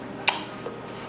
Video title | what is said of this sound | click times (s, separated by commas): ARB Twin Air Compressor Install (Jeep Gladiator EcoDiesel) | actually there's a nice click and | 0.3 s